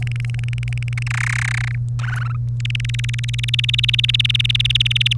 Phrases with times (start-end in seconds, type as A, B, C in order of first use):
0.02-1.03 A, 1.06-1.75 B, 1.99-2.37 C, 2.60-5.13 D